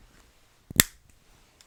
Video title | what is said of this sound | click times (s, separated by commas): Pens in Use - November 6, 2020 | It's a very well-designed pen, and it's got a satisfying click. | 0.8 s